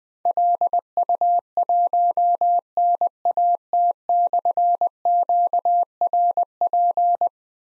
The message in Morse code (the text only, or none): LU1NAT/QRP